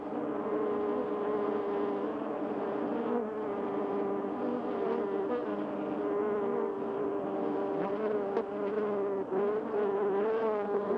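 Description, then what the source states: Bees buzzing steadily, several low droning tones overlapping and wavering slightly in pitch. Recorded 28 May 2005.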